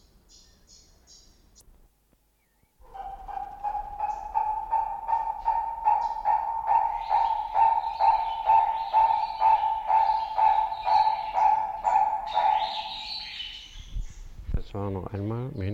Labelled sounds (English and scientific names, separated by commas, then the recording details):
Purple-crested Turaco (Tauraco porphyreolophus) call
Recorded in captivity
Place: Zoo Berlin, Berlin, DE
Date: 1992-07-25 10:40
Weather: sonnig (heiter - schwül), 23-26 °C
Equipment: Marantz CP 430, Sennheiser ME 80, Kopie Tesla B 116
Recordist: Tembrock, Günter